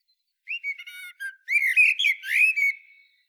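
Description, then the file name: Eurasian blackbird sings a single flowing phrase of mellow, rising and falling whistles that fades at the end. "Turdus merula"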